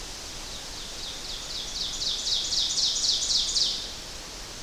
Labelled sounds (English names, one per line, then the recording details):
Ovenbird song
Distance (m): 30 m
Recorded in boreal forest in Alberta, Canada, on 12 June 2016 at 06:12
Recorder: SongMeter 3, array SBT-3-18
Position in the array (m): 230 m, 88 m
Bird 31